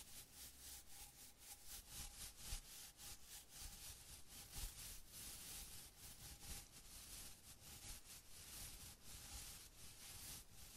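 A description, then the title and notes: Sponges scrub and brush against a mic in quick, fairly regular strokes, a dense rough scratching that continues steadily throughout with a faint steady tone. Sponges on Mic Scratching, Brushing, Squishing, Crinkle.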